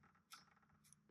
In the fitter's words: You just wiggle them and you'll hear the satisfying clicks.